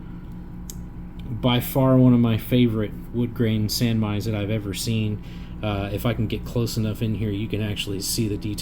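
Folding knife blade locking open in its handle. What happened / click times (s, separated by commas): The folding blade swung open and locked / 0.7 s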